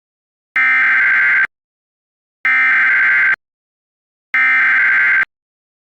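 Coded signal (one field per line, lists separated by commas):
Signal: Emergency Alert System (SAME) tones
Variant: header bursts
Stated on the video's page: Fictional EAS scenario, a simulated malfunction.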